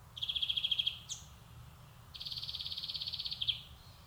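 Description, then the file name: European greenfinch song: a fast rattling trill, a brief high note, then a longer buzzy trill. "Chloris chloris"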